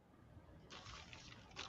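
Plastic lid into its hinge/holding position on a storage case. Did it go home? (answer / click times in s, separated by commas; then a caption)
yes / 1.6 s. The plastic lid of a storage case is flipped and slid into its hinge holding position, making a steady broadband scraping hiss from about 0.7 s. At 1.6 s it snaps into place with a sharp click, so the lid stays put and doesn't flop around while working.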